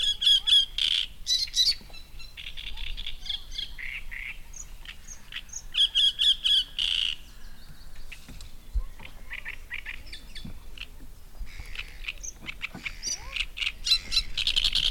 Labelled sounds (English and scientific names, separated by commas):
Great Reed Warbler (Acrocephalus arundinaceus)